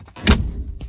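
On a 1980 Bronco, the rear bench seat is pulled down by its little handle and the rear seat latch engages into the floor striker with a single sharp metal click at 0.3 s. Fainter knocks come before and after it, and the latch is seated home.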